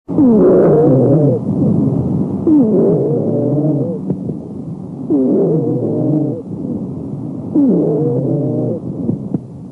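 Several simultaneous musical tones, each gliding in pitch, sound through each breath, about four cycles in ten seconds over a loud rumbling base. This is a polyphonic wheeze, multiple notes from many narrowed airways, typical of widespread airway obstruction.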